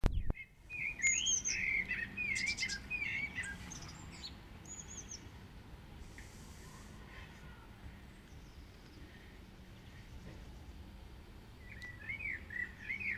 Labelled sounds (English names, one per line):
Common Blackbird song